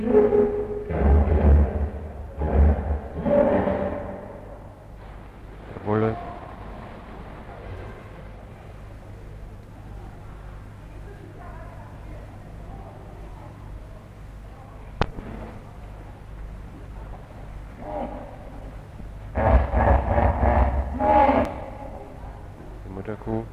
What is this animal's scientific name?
Hippopotamus amphibius